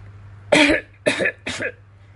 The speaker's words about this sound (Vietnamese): ho sù sụ nhìn qua vai.